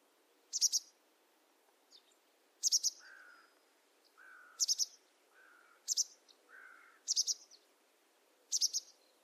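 Bird calls: a high, buzzy burst repeated six times, with lower short hummed notes between several of the bursts.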